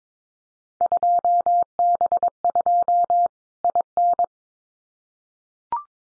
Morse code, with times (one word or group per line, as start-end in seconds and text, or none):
0.8-3.3 2B2
3.6-4.2 IN